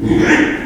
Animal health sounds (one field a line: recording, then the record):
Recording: squeal of a Yucatan mini pig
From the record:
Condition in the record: after surgery on the right vocal fold (resection and tissue-engineered implant)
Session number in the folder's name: 4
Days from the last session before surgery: 42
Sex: male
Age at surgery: 12 weeks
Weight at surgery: 13 kg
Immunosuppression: cyclosporine, prednisolone